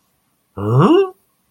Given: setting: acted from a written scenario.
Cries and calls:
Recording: vocal sound without words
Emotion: confusion

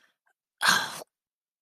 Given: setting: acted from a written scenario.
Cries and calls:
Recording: vocal sound without words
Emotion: pain

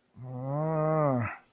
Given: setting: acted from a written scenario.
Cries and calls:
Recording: vocal sound without words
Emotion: distress

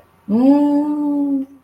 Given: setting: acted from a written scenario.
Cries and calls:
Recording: vocal sound without words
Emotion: desire

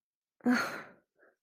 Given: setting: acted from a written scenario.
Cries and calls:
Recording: vocal sound without words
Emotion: disgust

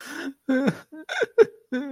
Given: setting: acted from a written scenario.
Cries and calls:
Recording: vocal sound without words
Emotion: sadness

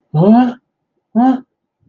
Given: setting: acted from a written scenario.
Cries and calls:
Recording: vocal sound without words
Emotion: sadness

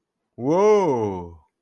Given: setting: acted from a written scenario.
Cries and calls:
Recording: vocal sound without words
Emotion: awe

